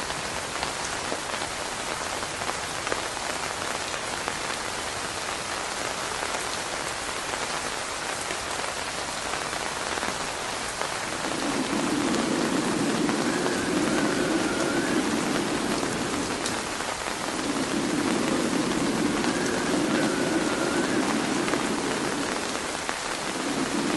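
Steady, dense rain hisses throughout, and from about eleven seconds a low, rumbling roar swells in and persists, briefly easing near seventeen seconds.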